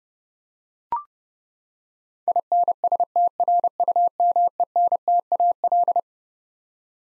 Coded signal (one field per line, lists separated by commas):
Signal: Morse code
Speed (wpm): 32 wpm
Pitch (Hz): 700 Hz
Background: none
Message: INSTRUMENTAL